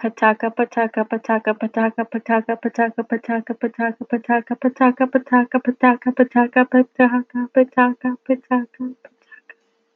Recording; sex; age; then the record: repeated syllables /pa ta ka/; female; 20 to 29 years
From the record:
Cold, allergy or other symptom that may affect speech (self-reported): no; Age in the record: 27 years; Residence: California, United States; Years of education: 16